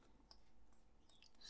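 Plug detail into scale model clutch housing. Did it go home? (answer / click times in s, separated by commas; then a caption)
yes / 0.3 s. A small plastic plug detail is lined up and pushed into the clutch housing of a 1:4 scale YZR-M1 model motorcycle engine. It gives a sharp click at 0.3 s as it seats, followed by a couple of fainter ticks around 1.1 and 1.2 s. The plug is seated in the housing.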